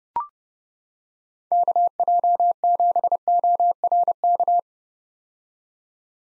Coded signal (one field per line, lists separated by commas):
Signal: Morse code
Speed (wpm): 30 wpm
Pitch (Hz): 700 Hz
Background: none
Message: KJ7ORK